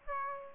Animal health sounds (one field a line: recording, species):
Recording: mosquito wingbeat signal from an infrared sensor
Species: Aedes aegypti